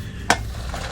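A retaining snap ring is fitted onto a car's CV joint axle during a boot repair. One sharp metallic snap rings out at 0.3 s over a steady low background hum. The ring snaps in and locks into place, seated.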